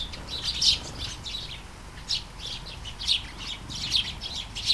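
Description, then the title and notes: Sparrow chirps, scattered short high notes in loose groups a second or so apart, with a faint background hiss. Flying sparrows in a garden, early morning, during light shower, Taastrup, Denmark; recorded with Sony PCM-D100 internal mics. "Kærengen 8, 2630 Taastrup, Denmark - Flying sparrows. Flying sparrows in the garden, early morning. Light shower. Vols de moineaux dans le jardin, au petit matin. Pluie fine"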